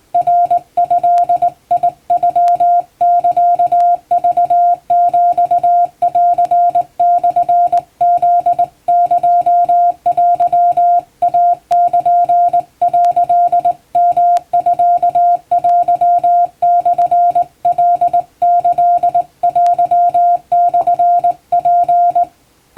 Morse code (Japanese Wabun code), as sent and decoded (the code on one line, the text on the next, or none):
.-. ..-.. .. ..-- -.-.- ...- --..- .-.-. -..-. --.. -.--- .-.-- .- -.--. .-.-.. -- ..-.- .-.-- -..-. .-.. -.-.. .-.-- -..-. .--.
ナドノサクヒンモフエテイル」ヨミテモカキテモツ